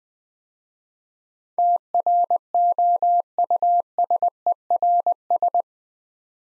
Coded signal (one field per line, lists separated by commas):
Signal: Morse code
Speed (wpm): 20 wpm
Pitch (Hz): 700 Hz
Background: none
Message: TROUSERS